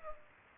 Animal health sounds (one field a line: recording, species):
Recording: mosquito wingbeat signal from an infrared sensor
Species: Culex pipiens